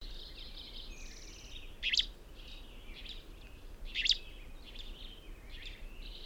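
Bird chirping: short bright phrases, loudest about every two seconds, with softer twittering between over a low background hiss.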